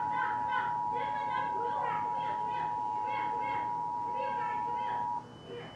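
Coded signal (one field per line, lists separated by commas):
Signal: Emergency Alert System (SAME) tones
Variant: 853 and 960 Hz attention tone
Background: speech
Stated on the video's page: EAS test on VHS.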